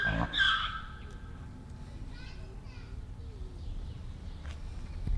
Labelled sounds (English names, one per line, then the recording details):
Grevy's Zebra
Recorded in captivity
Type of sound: call, squeak, grunt
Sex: male
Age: adult
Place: Tierpark Berlin, Berlin, DE
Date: 1993-03-13
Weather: 5-12 °C, heiter
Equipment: Marantz CP 430, Sennheiser ME 80, Kopie Uher Variocord 263
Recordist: Tembrock, Günter
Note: Rufreihe Männchen (20 m)